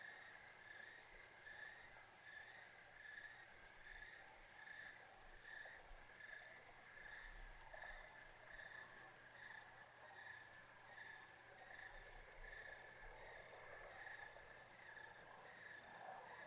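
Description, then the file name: Crickets chirping in a steady, continuous trill, with high buzzy insect bursts swelling and fading at intervals over a soft background hum. Crickets chirping in a country field at night, with a road in the distance. "Crickets Country Field Night Nice Chirping Distant Road"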